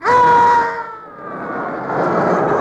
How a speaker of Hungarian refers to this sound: mi volt ez a sikoly? Semmi. Az A épületben lakik egy fogorvos, ő rendel otthon este 7:30.